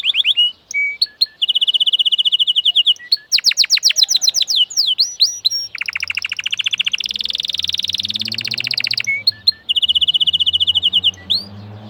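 Canary singing varied rolling trills and rapid note series, with a harsher buzzy passage midway over a faint low hum, then a clean fast trill again.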